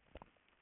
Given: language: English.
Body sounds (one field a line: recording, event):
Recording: throat vibration sensor signal played as sound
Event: swallow